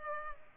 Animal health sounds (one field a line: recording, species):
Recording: mosquito wingbeat signal from an infrared sensor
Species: Culex pipiens